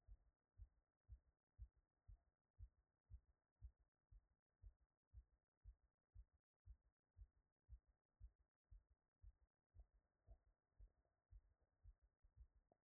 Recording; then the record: heart sounds by stethoscope after running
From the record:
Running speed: 7 mph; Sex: female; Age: 50 to 59 years